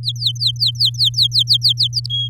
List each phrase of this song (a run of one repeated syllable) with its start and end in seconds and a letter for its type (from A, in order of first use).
0.03-2.00 A, 2.10-2.28 B